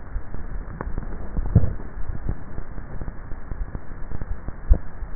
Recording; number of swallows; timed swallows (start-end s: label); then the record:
swallowing sounds by neck microphone; 1
1.42-2.38 s: swallow
From the record:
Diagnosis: dysphagia